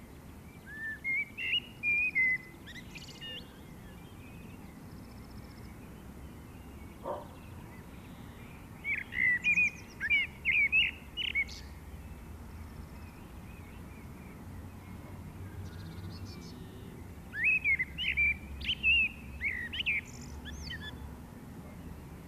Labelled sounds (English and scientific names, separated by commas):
Common Blackbird (Turdus merula) song